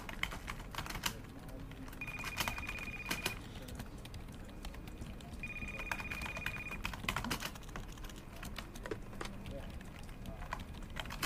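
Office sounds: a steady low hum under quick, irregular keyboard clicks and taps that run throughout, with faint conversation mixed in. A high, steady phone-like ring sounds twice, near two seconds and again around five and a half, each lasting over a second.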